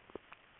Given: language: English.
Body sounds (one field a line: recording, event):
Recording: throat vibration sensor signal played as sound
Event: swallow